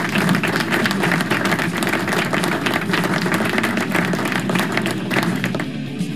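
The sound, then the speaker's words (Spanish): A steady burst of applause: many hands clapping in a dense, continuous wash for about six seconds, holding even loudness before easing slightly at the end. “así que aplauso, aplauso.”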